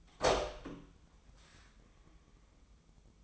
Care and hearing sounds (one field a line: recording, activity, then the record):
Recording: daily activity, microphone in the room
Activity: open door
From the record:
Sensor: 1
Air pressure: 1005.0 hPa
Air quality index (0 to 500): 82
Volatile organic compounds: 2 ppm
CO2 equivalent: 1100 ppm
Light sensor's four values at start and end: 9/23/9/10 and 9/23/9/10